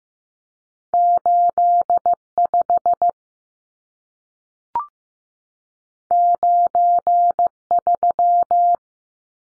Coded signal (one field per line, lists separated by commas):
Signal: Morse code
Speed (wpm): 15 wpm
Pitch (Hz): 700 Hz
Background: none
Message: 85 93